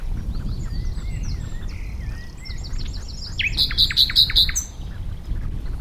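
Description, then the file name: Common nightingale singing: soft whistled notes and slurred phrases, then a loud series of about six sharp repeated chips, over a low rumbling background. "Luscinia megarhynchos"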